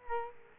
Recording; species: mosquito wingbeat signal from an infrared sensor; Culex quinquefasciatus